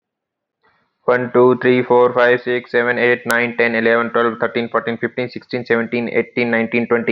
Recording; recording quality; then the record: counting at a fast pace; excellent, no background noise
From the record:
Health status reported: healthy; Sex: male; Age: 28 years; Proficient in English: yes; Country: India